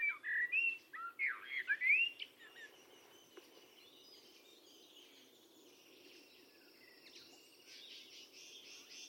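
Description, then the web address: Bird calls: a quick series of loud whistled, looping notes in the first two seconds, then only faint high chirping in the background. Calls rendered as "tu me tu me". "cianscape birddata Deverinetal 2025 Bird Only Tu Me Tu Me"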